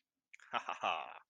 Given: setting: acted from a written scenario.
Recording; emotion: vocal sound without words; triumph